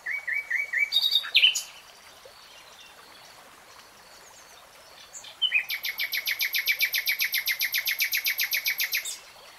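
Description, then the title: Nightingale song: short repeated whistles and a burst of notes, silence, then a long rapid trill of evenly repeated pulses for over three seconds. "[Tiếng chim hót] REALTIME Nightingale Singing"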